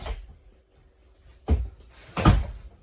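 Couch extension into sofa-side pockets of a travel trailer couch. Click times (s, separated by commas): 2.3 s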